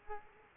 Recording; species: mosquito wingbeat signal from an infrared sensor; Aedes aegypti